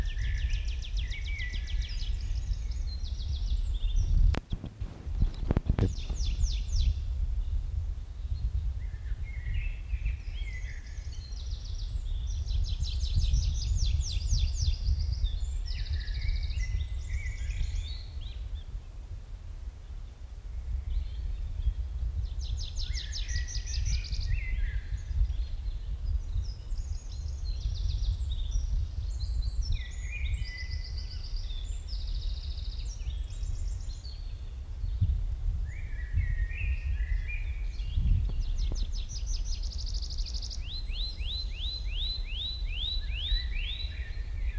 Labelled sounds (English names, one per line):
Tree Pipit song